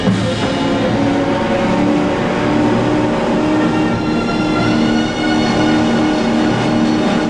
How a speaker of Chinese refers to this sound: 已经被打爆油箱的快艇冲到小岛的岸上